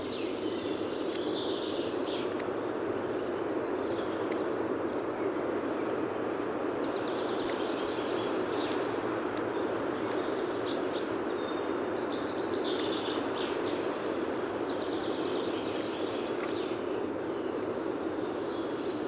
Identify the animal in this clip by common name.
Hawfinch